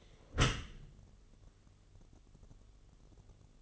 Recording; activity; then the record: daily activity, microphone in the room; close dishwasher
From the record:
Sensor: 4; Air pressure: 1015.8 hPa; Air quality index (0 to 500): 114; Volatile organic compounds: 2 ppm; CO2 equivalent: 1286 ppm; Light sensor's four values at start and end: 9/19/7/7 and 8/18/7/7